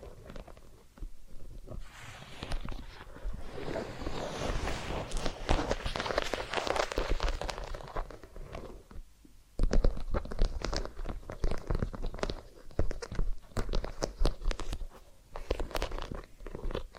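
Massage and ear-cleaning sounds: dense, crackly rubbing and scratching with quick clicks and rustles that swell and fade in waves. The texture is busiest between about two and eight seconds, drops briefly near nine seconds, then returns as sharper, more separated scrapes and taps.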